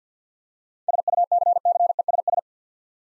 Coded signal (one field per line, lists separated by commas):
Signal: Morse code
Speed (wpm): 53 wpm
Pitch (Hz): 700 Hz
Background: none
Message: SUCCESS